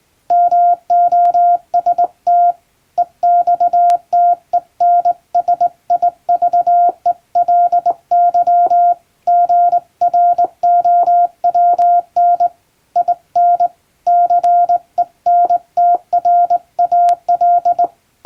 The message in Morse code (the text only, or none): MOST EXTENSIVELY GROWN IN CENTRAL